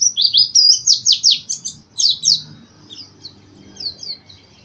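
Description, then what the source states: White-eye song opens with loud rapid slurred high notes, then softer scattered twitters fading out. East Java; singing style described as 'macok'.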